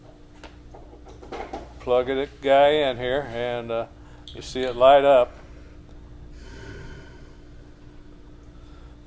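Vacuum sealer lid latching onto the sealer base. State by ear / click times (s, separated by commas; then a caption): seated / 0.4 s, 1.5 s. The plastic head of an InkBird Plus INK VS01 vacuum sealer is closed and pressed down on each side until it latches onto the sealer base, with latch clicks at 0.4 s and 1.5 s. Someone then talks. The lid is latched closed.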